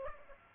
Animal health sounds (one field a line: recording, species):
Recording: mosquito wingbeat signal from an infrared sensor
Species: Aedes aegypti